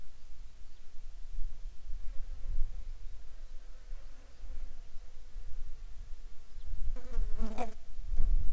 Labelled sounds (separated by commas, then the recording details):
bird, insects
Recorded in the Arctic National Wildlife Refuge, Alaska, on 7 July 2019 at 08:37
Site 43